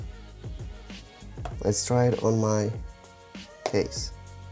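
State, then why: Not seated. A metal magnetic grip accessory is handled against the back of an iPhone case while someone talks, with a few short handling taps and rustles. Nothing has seated or snapped into place yet.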